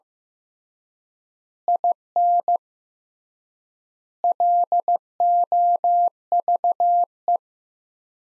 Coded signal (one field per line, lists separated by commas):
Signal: Morse code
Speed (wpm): 15 wpm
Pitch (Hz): 700 Hz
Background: none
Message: IN LOVE